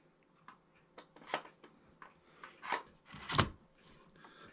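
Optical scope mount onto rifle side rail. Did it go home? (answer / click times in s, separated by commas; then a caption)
no / none. A PSO optical scope mount is lined up with the side-rail groove of an AK-47 rifle and slid along it, giving a series of short taps and scraping rubs, with the loudest bursts around 1.3, 2.7 and 3.4 seconds. The mount has not yet been pushed home, so nothing has seated or clicked yet.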